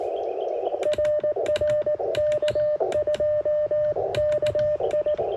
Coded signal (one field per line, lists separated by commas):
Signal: Morse code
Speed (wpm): 18 wpm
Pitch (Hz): 600 Hz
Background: none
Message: RR K2KI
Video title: WARC band activation on Contest Weeked